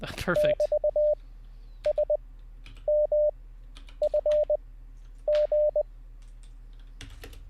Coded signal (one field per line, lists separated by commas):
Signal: Morse code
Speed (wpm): 20 wpm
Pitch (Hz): 600 Hz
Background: speech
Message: <BT> S M F G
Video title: How To Learn Morse Code LIVE with N0SSC (Day 13)